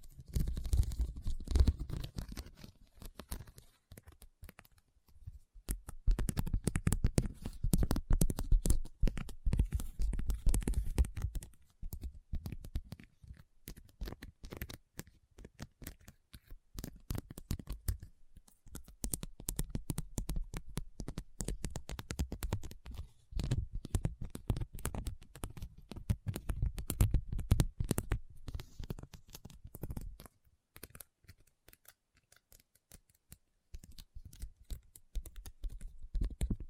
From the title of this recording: RHINESTONE Tapping & Scratching Sounds